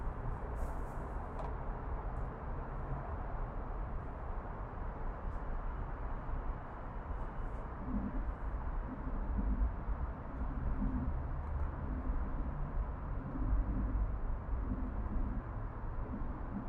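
Urban backyard ambience in Oakland, CA: a steady low rumble of traffic fills the whole stretch, thick and constant. Faint murmurs rise in the low-middle range from about eight seconds on, and a few soft, brief ticks and clicks surface here and there.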